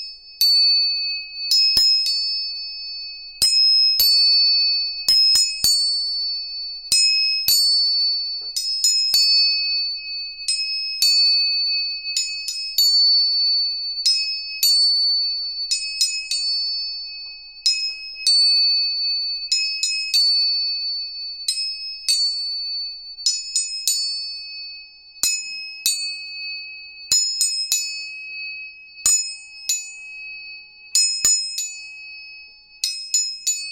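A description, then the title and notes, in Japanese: Three tuning forks are struck again and again, each tap a crisp metallic click followed by a clear, ringing high tone that hangs and slowly fades. Strikes come every second or two throughout, overlapping so the bright, layered ring never fully dies away. 音叉チューニング3本。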